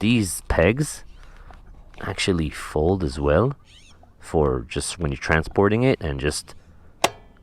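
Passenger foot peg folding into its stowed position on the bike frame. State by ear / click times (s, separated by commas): seated / 7.0 s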